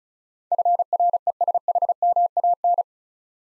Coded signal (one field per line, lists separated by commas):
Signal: Morse code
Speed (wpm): 36 wpm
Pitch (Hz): 700 Hz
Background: none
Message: FRESHMAN